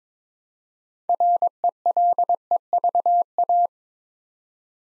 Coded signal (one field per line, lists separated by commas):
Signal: Morse code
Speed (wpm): 23 wpm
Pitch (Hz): 700 Hz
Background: none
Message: RELEVA